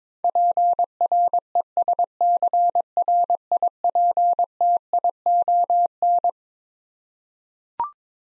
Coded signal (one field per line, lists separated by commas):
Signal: Morse code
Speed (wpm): 22 wpm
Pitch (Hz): 700 Hz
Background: none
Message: PRESCRIPTION